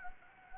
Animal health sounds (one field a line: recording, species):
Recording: mosquito wingbeat signal from an infrared sensor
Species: Anopheles gambiae